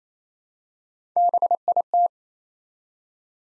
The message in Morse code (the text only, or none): BIT